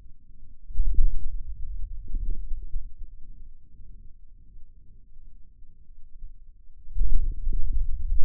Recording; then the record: forearm muscle sounds (acoustic myography)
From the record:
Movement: hand closing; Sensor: system 2, bracelet of six BSWA MPA416 microphones around the upper forearm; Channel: 3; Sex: male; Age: 22 years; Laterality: right